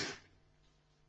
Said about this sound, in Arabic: يرحمك الله.